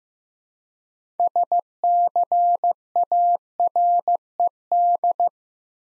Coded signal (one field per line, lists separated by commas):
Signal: Morse code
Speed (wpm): 15 wpm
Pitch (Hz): 700 Hz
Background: none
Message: SCARED